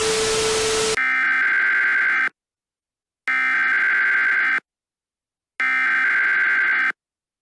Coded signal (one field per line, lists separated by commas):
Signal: Emergency Alert System (SAME) tones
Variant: header bursts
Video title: EAS Scenario: Hallows Terror 2 [FULL VERSION] [ANALOG HORROR]